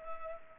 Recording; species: mosquito wingbeat signal from an infrared sensor; Culex pipiens